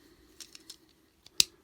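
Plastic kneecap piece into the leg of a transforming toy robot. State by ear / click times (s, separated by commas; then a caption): seated / 1.4 s. A plastic kneecap piece is pushed into the leg of a transforming toy robot during its change to robot mode, with a few small plastic clicks and rubs at about 0.4, 0.6, 0.7 and 1.3 seconds. It snaps sharply and loudly into place at 1.4 seconds and is seated.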